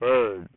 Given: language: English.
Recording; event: throat vibration sensor signal played as sound; speech